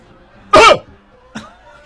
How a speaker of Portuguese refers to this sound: Tosse.